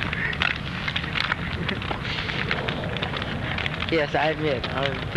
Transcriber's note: laughs